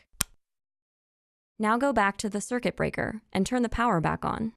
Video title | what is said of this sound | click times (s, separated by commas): How to install and set up the Nest learning Thermostat | connect the display hold it so the nest logo is at the top push it on to the base until you hear it click now | 0.2 s